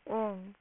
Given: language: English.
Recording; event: throat vibration sensor signal played as sound; speech